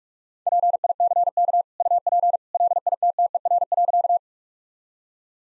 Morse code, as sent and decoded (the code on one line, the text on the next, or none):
.--. .. -.-. -.- / ..- .--. / .-.. .. - - . .-. .-.-.-
PICK UP LITTER.